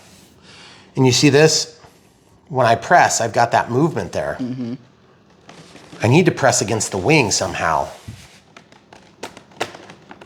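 A foam and plastic wing on an Avios PBY-5A Catalina 1900mm RC plane, which had not been all the way in, is pressed against the fuselage while someone talks. Several small clicks and taps follow, and the wing retention latch snaps home at 9.6 seconds, seating the wing.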